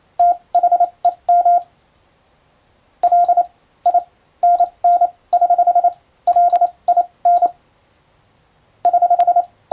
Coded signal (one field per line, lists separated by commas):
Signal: Morse code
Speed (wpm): 28 wpm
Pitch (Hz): 700 Hz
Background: none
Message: THEM LINN <HH> LIN <HH>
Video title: モールス符号を送る無線通信士という仕事がありました。国家試験でモールスの実技試験を受けて免許を取得します。今では昭和遺産でしょうか。当時はアマチュア無線も大流行しましたね。思い出して聴いてみましょう